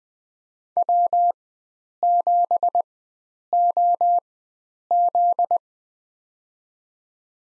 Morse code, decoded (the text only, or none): W7OZ